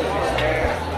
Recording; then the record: background sound without coughing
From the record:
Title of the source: CITY SOUNDS Busy Bar in the Evening Night - 2 HOURS of Ambiance for Relaxation